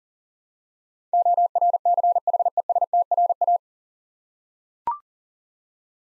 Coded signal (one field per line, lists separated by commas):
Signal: Morse code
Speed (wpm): 39 wpm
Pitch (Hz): 700 Hz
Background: none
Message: ORCHESTRA